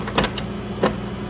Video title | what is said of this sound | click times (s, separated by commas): Assemble Manitowoc Ice Machine After Cleaning | into the socket until it clicks in place and then the cover plate goes on top similarly until it locks into place | 0.2 s